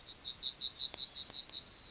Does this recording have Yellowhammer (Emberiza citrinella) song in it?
yes